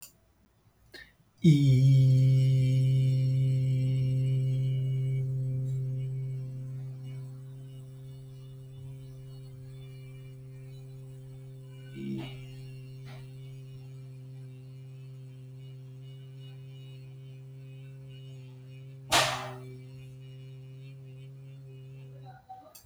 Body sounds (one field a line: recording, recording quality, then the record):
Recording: sustained vowel as in beet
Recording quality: excellent, no background noise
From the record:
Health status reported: healthy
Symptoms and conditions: none ticked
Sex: male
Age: 35 years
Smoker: not ticked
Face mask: not worn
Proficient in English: yes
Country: India